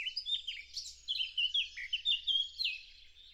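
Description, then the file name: Eurasian blackcap singing a rich, hurried warble of scratchy and whistled notes, loudness rising and falling in short bursts throughout. "Sylvia atricapilla"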